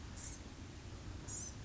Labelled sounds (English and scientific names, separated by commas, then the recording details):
Blue-gray Gnatcatcher (Polioptila caerulea)
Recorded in Sonoma County, California